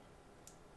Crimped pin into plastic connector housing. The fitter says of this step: should hear a little click if they don't click they may not be fully inserted so you want to double-check